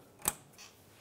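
A plastic locking tab is pushed onto a fuel hose quick-connect coupling under a 2012-2020 Ford Focus during a fuel pump replacement. A single sharp snap is heard at 0.3 s, followed by a fainter, brief hiss-like sound around 0.6 s. The tab snaps on and the lock is seated.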